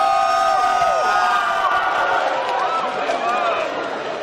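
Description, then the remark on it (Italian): A large crowd waiting in the street gives a star's welcome to a visitor travelling by car, cheering and shouting without pause, many excited voices overlapping in high, rising calls and whoops, loud and sustained throughout. “spostamenti in auto, con accoglienza da star da parte della folla che lo attendeva numerosa in strada.”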